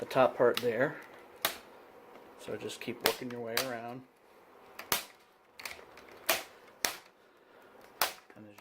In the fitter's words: can hear it's continuing to pop now there is a piece down here where